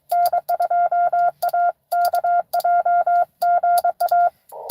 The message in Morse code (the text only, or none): N2AKJ GA